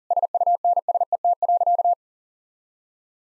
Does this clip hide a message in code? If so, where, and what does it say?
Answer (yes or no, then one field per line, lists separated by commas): yes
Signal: Morse code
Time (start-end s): 0.1-1.9 s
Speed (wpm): 37 wpm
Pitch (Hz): 700 Hz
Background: none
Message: SUNSET.